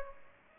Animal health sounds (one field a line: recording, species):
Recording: mosquito wingbeat signal from an infrared sensor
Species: Aedes aegypti